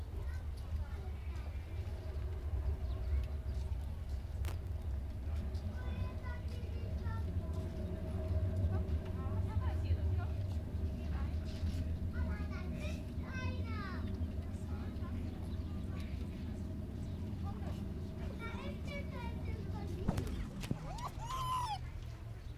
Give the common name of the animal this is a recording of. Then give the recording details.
Raccoon Dog. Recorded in captivity. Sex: male. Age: adult. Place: Tierpark Berlin, Berlin, DE. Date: 1967-02-12 12:00. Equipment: R 20/1, Sennheiser MD 421. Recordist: Tembrock, Günter